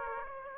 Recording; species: mosquito wingbeat signal from an infrared sensor; Aedes aegypti